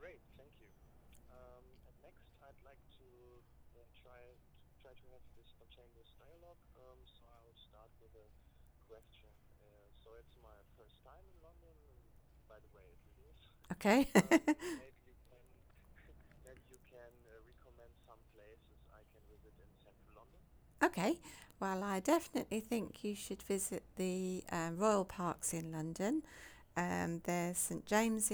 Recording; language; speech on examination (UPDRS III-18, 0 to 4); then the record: conversation on a phone call; English; 0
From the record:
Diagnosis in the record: healthy control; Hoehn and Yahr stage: 0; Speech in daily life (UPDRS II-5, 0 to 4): 0